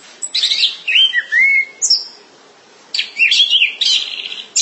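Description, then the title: Thrush song: scratchy notes and a long rising-falling whistle, a brief quiet pause, then another burst of rich high warbling. "burung anis x"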